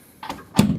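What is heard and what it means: A graphics card is pushed into a motherboard's PCIe x16 slot, producing a sharp click at 0.2 s and a louder, brief thump at 0.6 s. The card seats properly in the slot.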